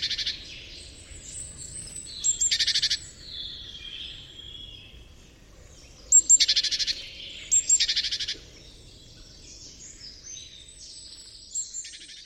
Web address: chant didier collin mesange charbonniere